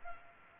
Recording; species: mosquito wingbeat signal from an infrared sensor; Culex pipiens